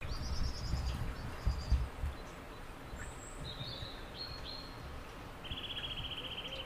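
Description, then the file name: Eurasian nuthatch giving a fast, even trill of repeated notes near the end, after short high trills and chirps early on, over low rumbling background noise. "Sitta europaea"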